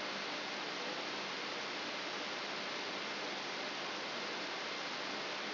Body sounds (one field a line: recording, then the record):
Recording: brain microelectrode recording played as sound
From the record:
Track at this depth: inside the subthalamic nucleus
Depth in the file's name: 4.302 mm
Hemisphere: left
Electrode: 3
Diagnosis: Parkinson's disease